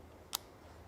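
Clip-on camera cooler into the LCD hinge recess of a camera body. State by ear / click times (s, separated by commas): seated / 0.3 s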